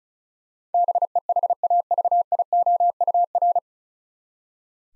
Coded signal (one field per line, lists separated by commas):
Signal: Morse code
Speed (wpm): 36 wpm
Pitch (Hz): 700 Hz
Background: none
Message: BEHAVIOUR